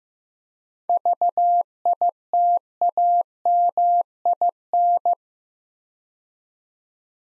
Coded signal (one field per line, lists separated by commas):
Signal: Morse code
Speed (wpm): 15 wpm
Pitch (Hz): 700 Hz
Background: none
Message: VITAMIN